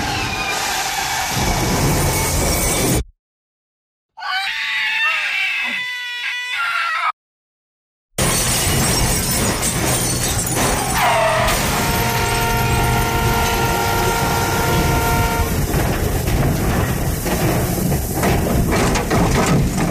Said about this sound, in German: Wir haben uns überschlagen